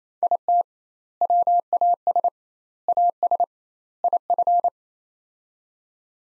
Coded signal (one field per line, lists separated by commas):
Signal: Morse code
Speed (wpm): 28 wpm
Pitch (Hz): 700 Hz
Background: none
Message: IT WAS AS IF